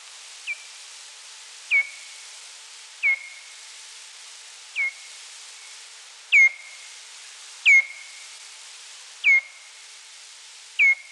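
Pipistrelle bat calls: hooked chirps dropping sharply then flattening, repeated irregularly every one to two seconds, some louder than others, with a quiet hiss behind.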